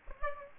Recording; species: mosquito wingbeat signal from an infrared sensor; Aedes aegypti